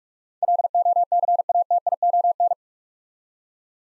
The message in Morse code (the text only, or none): LOCATION